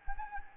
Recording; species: mosquito wingbeat signal from an infrared sensor; Anopheles gambiae